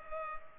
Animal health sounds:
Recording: mosquito wingbeat signal from an infrared sensor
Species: Culex pipiens

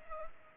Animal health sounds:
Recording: mosquito wingbeat signal from an infrared sensor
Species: Culex pipiens

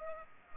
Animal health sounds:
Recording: mosquito wingbeat signal from an infrared sensor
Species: Culex pipiens

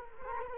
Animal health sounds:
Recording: mosquito wingbeat signal from an infrared sensor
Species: Culex quinquefasciatus

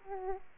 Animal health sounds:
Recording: mosquito wingbeat signal from an infrared sensor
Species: Aedes aegypti

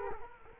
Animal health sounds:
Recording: mosquito wingbeat signal from an infrared sensor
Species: Culex quinquefasciatus

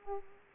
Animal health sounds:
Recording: mosquito wingbeat signal from an infrared sensor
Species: Aedes aegypti

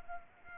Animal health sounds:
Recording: mosquito wingbeat signal from an infrared sensor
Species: Culex pipiens

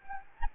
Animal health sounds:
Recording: mosquito wingbeat signal from an infrared sensor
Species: Anopheles gambiae

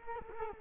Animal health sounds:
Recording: mosquito wingbeat signal from an infrared sensor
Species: Culex quinquefasciatus

